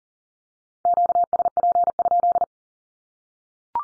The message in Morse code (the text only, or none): QSP?